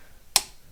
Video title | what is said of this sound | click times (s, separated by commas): Trail Prep Your Rig for a day of Off roading | There you go. There's my click. | 0.4 s